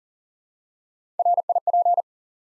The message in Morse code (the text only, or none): RIP